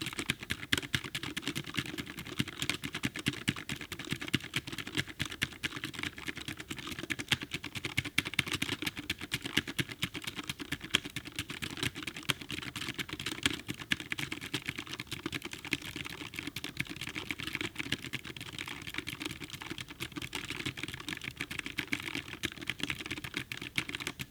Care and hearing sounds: daily activity, guitar pickup as the sensor; type

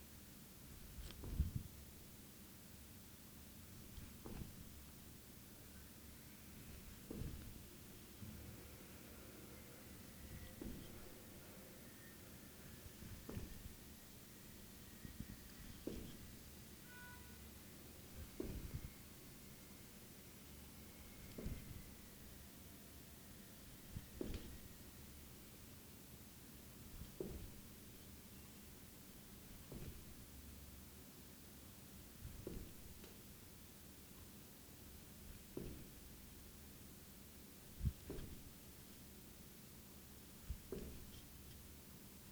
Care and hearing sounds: daily activity, guitar pickup as the sensor; jump

